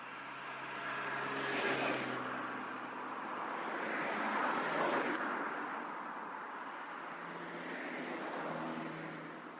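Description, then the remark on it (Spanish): Cars pass on a road one after another, three broad whooshing swells that rise and fade over a steady traffic hum, with no voices. “La carretera.”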